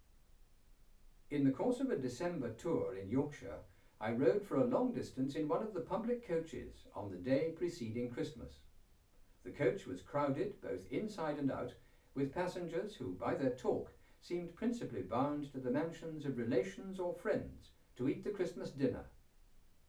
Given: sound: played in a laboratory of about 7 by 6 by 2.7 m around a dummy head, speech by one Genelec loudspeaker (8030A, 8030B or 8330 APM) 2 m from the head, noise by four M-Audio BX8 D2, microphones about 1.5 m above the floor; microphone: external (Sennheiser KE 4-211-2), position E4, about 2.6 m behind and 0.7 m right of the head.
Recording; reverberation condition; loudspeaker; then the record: male speech in English; low; 90 degrees to the left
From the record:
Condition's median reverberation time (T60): about 310 ms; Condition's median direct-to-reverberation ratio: about 3.5 dB